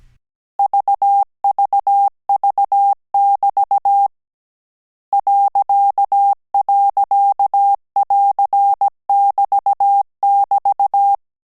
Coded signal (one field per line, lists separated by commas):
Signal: Morse code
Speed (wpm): 17 wpm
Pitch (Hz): 800 Hz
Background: none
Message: VVV<BT> ..<AR><BT><BT>